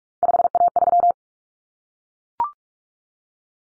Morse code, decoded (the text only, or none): 5A3